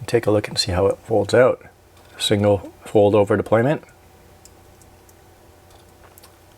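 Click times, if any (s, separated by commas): 6.2 s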